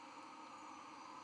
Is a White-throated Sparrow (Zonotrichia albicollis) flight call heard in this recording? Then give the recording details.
no. No flight call is heard. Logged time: 01:43 on 1 November 2014